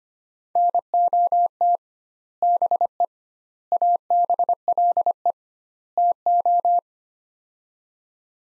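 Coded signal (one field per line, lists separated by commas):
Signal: Morse code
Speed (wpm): 25 wpm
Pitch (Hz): 700 Hz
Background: none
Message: NOT BE ABLE TO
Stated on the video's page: Practice sets of four words at 25 wpm with 2x word spacing, a Farnsworth-like method applied to words.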